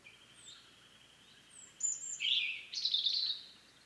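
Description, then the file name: European robin giving a few quiet thin notes, then a loud burst of high, scratchy twitters and piercing whistles. "Erithacus rubecula"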